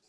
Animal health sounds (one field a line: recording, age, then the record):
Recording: pig call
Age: piglet (1 to 25 days)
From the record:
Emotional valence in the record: positive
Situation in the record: short reunion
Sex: male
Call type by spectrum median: high-frequency call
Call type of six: low-frequency tonal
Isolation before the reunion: 3 minutes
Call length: 0.09 s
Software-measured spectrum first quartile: 1404 Hz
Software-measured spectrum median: 4469 Hz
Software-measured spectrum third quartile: 6630 Hz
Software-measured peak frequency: 397 Hz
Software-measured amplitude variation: 46 dB a second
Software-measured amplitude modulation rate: 5.4 a second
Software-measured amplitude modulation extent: 8.5 dB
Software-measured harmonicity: 0.4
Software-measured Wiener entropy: -1.20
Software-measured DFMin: 1021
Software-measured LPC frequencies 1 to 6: 539, 1382, 2466, 4333, 4863, 5590 Hz